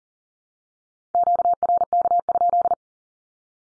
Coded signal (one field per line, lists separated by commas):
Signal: Morse code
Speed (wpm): 38 wpm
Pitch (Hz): 700 Hz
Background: none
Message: QRK?